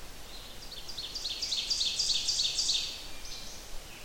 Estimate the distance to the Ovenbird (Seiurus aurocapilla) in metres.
about 35 m